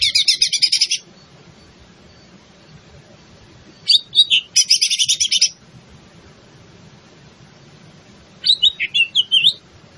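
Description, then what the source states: Greater green leafbird song: bursts of rapid, high chattering trills, about one second each, separated by pauses, with a whistled phrase near the end. Bird in full song, described as gacor.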